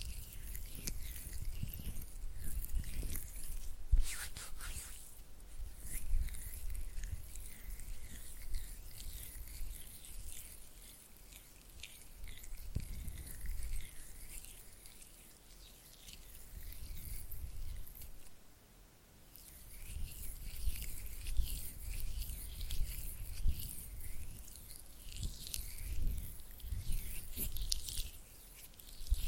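Oily hands rub and fingers flutter in soft, irregular crackly and squishy patters, with low thumps throughout and a brief lull around eighteen seconds.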